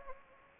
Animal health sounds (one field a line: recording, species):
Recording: mosquito wingbeat signal from an infrared sensor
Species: Anopheles gambiae